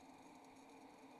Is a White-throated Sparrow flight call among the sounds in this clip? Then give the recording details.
no. No flight call is heard. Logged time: 02:02 on 28 November 2014